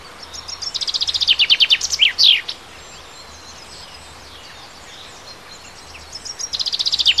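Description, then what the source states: Songbird delivering a rapid, high descending trill closing with an emphatic flourish, then quiet, and a new trill starting near the end; faint background hiss. Native bird, March.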